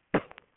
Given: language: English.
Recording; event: throat vibration sensor signal played as sound; cough